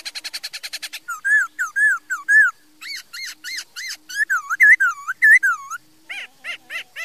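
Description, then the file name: Laughingthrush song opening with a fast stutter of notes, then a series of loud arched whistles, some rising sharply, ending in short notes. "Tieng khuou hot"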